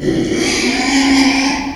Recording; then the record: squeal of a Yucatan mini pig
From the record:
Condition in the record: after surgery on the right vocal fold (resection and tissue-engineered implant); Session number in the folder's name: 2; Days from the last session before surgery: 13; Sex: male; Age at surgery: 12 weeks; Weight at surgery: 13 kg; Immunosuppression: cyclosporine, prednisolone